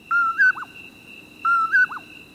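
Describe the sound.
Common Poorwill calling twice: a level whistle, a slightly higher note, then a quick down-slurred note, over a steady high hum.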